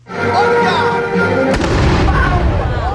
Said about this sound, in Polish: Co jakiś czas w Białymstoku rozlegał się też dziś huk armaty. 100 lat temu Wojsko Polskie walczyło o miasto z Armią Czerwoną. Rocznice uświetniły pokazy rekonstruktorów.